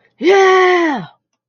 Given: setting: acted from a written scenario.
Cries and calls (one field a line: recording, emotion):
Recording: vocal sound without words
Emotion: triumph